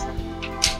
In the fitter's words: Yun. So, okay na yun guys, no? Nakalock na yan.